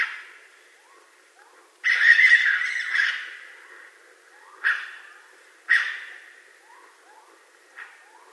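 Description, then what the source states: Raccoon making a long grating screech followed by shorter harsh bursts, separated by soft, repeated upward-sliding chirps. Recorded on 20 March 2012.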